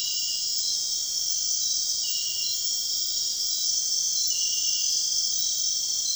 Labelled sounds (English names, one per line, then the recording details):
none
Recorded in dense forest near Puerto Asís, Putumayo, Colombia, on 4 March 2025 at 01:00
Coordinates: 0.499, -76.324
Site GP03